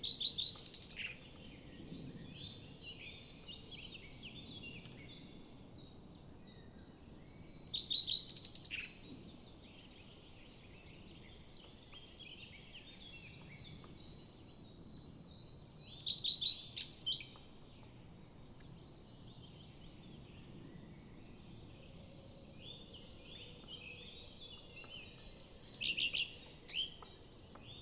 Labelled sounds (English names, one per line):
Common Redstart song